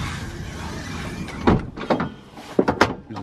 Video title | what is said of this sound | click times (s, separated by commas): VW T6.1 California Ocean - Vorstellung / Von Innen und Außen | einrastet ja | 2.8 s